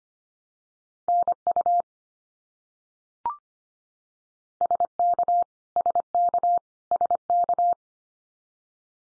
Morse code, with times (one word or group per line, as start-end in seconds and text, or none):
1.1-1.8 NU
4.6-5.4 SK
5.8-6.6 SK
6.9-7.7 SK